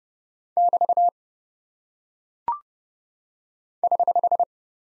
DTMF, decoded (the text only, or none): none